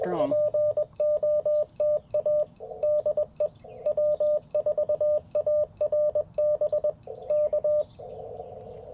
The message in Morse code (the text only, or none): POTA DE W4ARB K